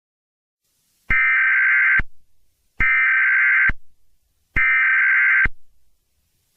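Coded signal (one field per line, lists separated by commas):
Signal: Emergency Alert System (SAME) tones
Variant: header bursts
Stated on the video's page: Fictional EAS scenario with valid tones.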